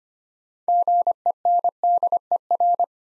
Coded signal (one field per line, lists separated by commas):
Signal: Morse code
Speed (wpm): 25 wpm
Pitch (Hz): 700 Hz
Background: none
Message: GENDER